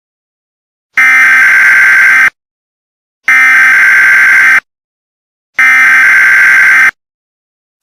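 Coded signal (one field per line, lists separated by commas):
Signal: Emergency Alert System (SAME) tones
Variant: header bursts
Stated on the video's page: Fictional EAS scenario about contaminated toxic rainfall; not a real alert.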